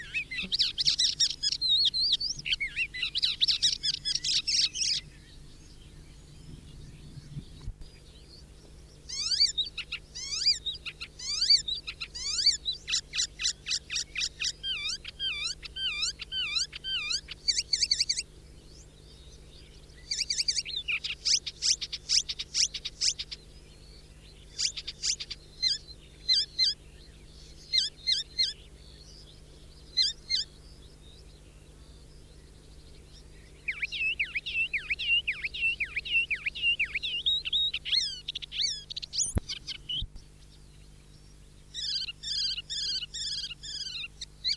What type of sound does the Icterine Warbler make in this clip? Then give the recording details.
song. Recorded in the wild. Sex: male. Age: adult. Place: Erlangen, Bayern, DE. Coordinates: 49.6031, 10.9581. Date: 1964-05-09. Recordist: Tretzel, Erwin